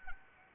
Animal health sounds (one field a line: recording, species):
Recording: mosquito wingbeat signal from an infrared sensor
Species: Anopheles arabiensis